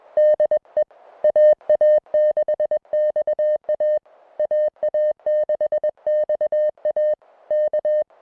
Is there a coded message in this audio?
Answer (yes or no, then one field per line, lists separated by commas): yes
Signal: Morse code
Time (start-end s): 0.2-8.0 s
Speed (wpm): 21 wpm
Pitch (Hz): 610 Hz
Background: music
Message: DE AA6XA AA6XA K